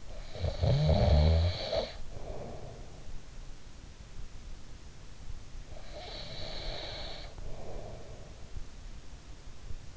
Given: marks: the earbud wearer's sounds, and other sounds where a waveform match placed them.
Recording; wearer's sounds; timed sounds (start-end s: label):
sounds in sleep by an in-ear microphone; snoring breath, breath
0.00-3.17 s: snoring breath
5.72-8.86 s: breath